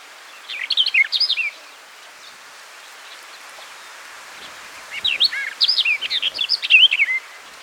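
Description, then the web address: Barred warbler scratchy, chattering warble in two short bursts of rapid high notes, separated by a few seconds of quiet hiss. "barred wood warbler bird call"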